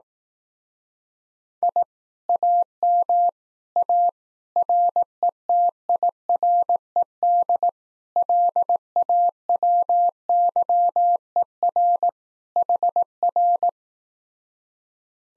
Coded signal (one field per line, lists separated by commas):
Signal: Morse code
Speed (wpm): 18 wpm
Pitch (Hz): 700 Hz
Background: none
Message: I AM A RETIRED LAWYER HR